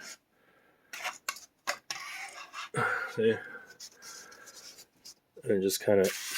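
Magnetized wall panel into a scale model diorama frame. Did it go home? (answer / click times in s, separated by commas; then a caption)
no / none. A magnetized wall panel for a 1/12 scale warehouse diorama is handled against the model's frame while someone talks. Short rubbing and scraping sounds are heard, with sharp taps around 0.9, 1.3, 1.7 and 1.9 seconds. The panel has not seated or snapped into place yet.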